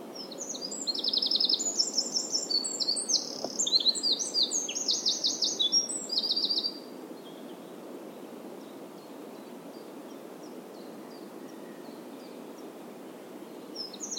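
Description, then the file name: Eurasian wren song: a long, energetic run of piercing trills and rattles lasting about seven seconds, followed by a calm stretch with faint chips. "Troglodytes troglodytes"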